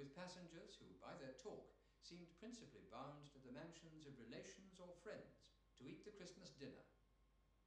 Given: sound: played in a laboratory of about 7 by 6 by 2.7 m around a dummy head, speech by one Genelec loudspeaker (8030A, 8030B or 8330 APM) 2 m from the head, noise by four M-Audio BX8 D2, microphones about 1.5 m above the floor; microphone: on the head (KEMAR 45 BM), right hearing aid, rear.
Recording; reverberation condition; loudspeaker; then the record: male speech in English; medium; behind (180 degrees)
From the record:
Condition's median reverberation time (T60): about 510 ms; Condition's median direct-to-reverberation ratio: about -0.5 dB